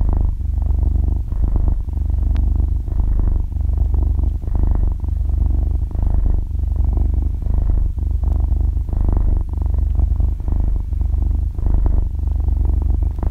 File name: tieng meo tho keu ru ru